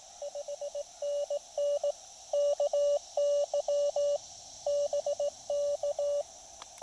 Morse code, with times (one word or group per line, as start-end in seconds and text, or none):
0.2-1.9 5NN
2.3-4.2 KY
4.7-6.2 BK